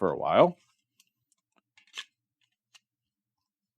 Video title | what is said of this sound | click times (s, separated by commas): This Fixed Blade Replaced a Knife Twice the Price - Waxed Wing Wisp Review | didn't really hear it click in. Now, it's not loose. | none